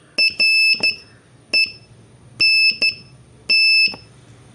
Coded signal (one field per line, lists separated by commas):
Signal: Morse code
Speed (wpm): 13 wpm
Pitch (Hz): 2650 Hz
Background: none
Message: RENT